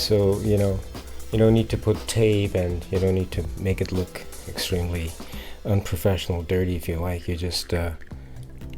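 Someone talks over background music while handling a small camera in its clip mount, about to press it onto the body of a Sky Viper v2400HD drone so it holds without tape. A few faint, quiet ticks come near the end, around 8.4 to 8.7 seconds. Nothing has seated or clicked yet.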